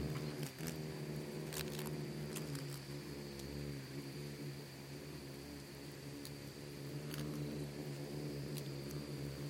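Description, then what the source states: Insects buzzing as a swarm, a steady low droning hum with scattered sharp ticks and clicks throughout. Bugs and beetles swarming in the Namib desert, which seems quiet at first listen but is full of micro-sounds.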